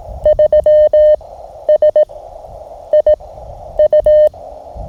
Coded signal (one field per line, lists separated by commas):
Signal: Morse code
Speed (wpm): 18 wpm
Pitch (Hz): 610 Hz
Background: none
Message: 3 S I U